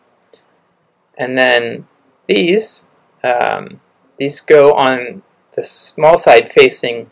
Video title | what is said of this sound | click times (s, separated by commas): Utility Knife Restoration (Repainting, 6 layers, automotive style) ~5 min deep-dive long version! | And it presses down and it locks into a little, there it goes, it locks into place. | 0.2 s